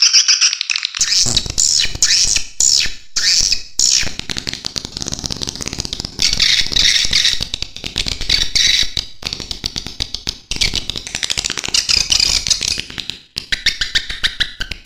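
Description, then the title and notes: Swiftlet twittering: dense, buzzy high chatter in bursts, broken by sharp clicks and short gaps throughout, with faint lower rustling beneath. Swiftlet sound used in bird farming in Asia. "Swiflet Bird Sound. Farming Swiflet Bird asia sound"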